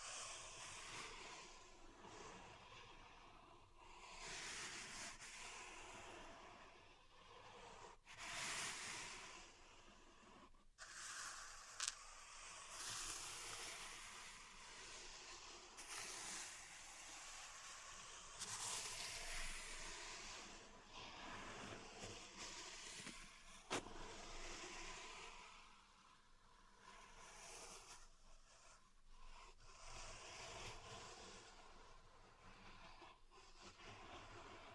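Pink salt in a zen garden is raked and stirred in soft, gritty swishes that swell and fade every few seconds. The hiss is bright and grainy, with a low rumble underneath. Sharp clicks land near 5, 12 and 24 seconds.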